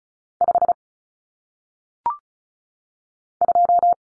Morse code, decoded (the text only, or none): 5 2